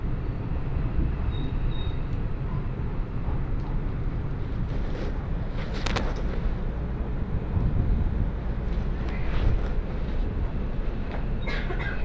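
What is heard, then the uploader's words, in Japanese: A ride on the Osaka Monorail toward Osaka Airport, with a steady, dense low rumble running throughout. Short bright clicks and rattles break through around the sixth second and again near the end, and a faint thin whine appears early on. 鉄道旅 大物→梅田→蛍池→大阪空港。蛍池で大阪モノレールに乗り換えて１駅先の大阪空港へと向かいます。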